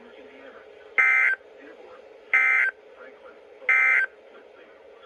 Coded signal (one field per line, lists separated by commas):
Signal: Emergency Alert System (SAME) tones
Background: speech